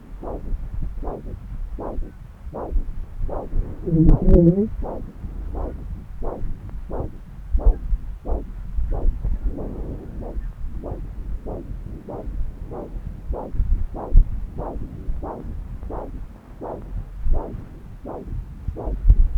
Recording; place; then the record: Doppler ultrasound of blood flow; left subclavian vein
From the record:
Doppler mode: continuous wave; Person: adult scuba diver, at rest before a dive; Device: O'Dive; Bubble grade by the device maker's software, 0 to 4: 0